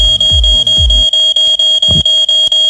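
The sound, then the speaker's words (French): A loud, piercing electronic alarm blares in a high, steady tone broken by quick, regular pulses, with a few low thuds at the start and no voices. “Et puis c'est vrai que l'alarme pour ceux qui sont en train de s'endormir là, ça peut être pas mal également.”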